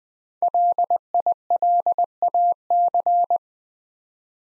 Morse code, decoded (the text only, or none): LILAC